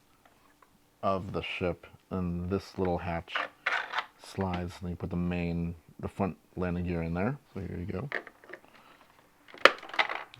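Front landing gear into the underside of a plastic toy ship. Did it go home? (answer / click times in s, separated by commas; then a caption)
yes / 9.6 s. Someone talks, then pushes the front landing gear of a plastic Hasbro Haslab Razor Crest toy ship from The Mandalorian into its slot under a small sliding hatch on the underside. A sharp click at 9.7 s, among a few light plastic taps, marks the gear snapping into place.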